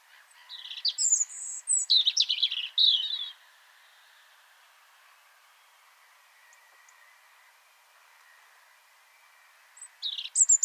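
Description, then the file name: European robin song: a varied phrase of high thin whistles and trills, a long pause, then another phrase starting at the end. "Erithacus rubecula"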